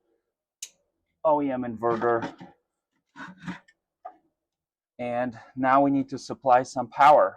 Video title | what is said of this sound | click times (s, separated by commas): Bunky eBug First Wheel Spin DIY EV | We're going to snap it right into its OEM | 0.6 s